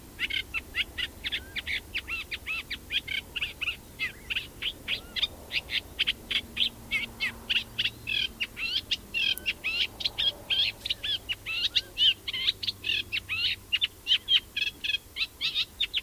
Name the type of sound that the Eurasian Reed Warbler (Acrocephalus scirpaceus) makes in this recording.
song